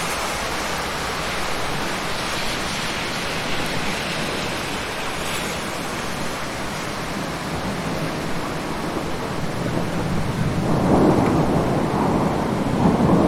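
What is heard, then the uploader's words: Heavy rain pours in a dense, steady hiss that fills the first ten seconds without a break. Around the eleventh second a lower, rumbling swell rises beneath it, like a vehicle rolling past on the wet street, and stays louder to the end. Heavy Rain and Street Traffic. Urban windows. Night traffic,rain,wet road,car,bus,toronto,city sounds,night.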